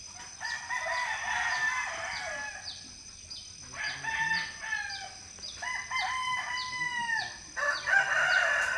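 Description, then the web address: Chickens calling: several long harmonic calls follow one another throughout, some overlapping, over a steady series of high, falling chirps in the background. Hens in a quiet village in the Philippines, recorded early in the morning. "Charlie Atanasyan - Philippines sound library by Faunethic Village quiet chicken hen symphony early the morning"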